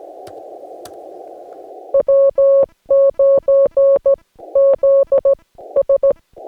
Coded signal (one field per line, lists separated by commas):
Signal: Morse code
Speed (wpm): 16 wpm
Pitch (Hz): 550 Hz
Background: none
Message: W9ZS